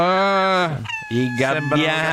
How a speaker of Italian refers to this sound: I gabbiani.